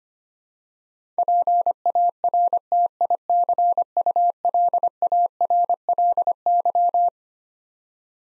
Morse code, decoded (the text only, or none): PARTICULARLY